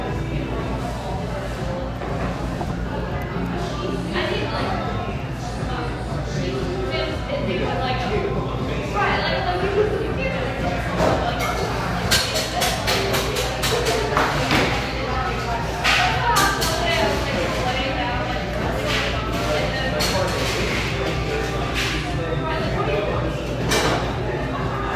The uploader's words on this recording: Irvine, California. Cheerful, bustling background noise of this sunny café in one of the OC's most upscale neighborhoods.